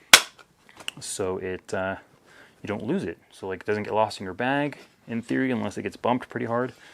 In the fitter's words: you know it locks locks into place because of the magnet on